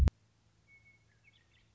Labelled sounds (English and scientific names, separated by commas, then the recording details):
Western Meadowlark (Sturnella neglecta)
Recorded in Sonoma County, California